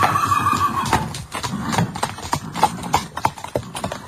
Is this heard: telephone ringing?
no